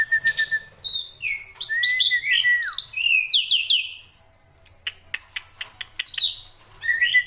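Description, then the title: Black-winged myna song, a busy medley of bright rising and falling whistles, then a series of sharp spaced clicks before more whistling. Songbird singing densely with many variations, used as tutor song for training other songbirds. "Kicauan Rapat Jalak Putih Gacor Banyak Variasi Untuk Masteran"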